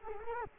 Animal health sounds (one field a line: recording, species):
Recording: mosquito wingbeat signal from an infrared sensor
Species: Culex quinquefasciatus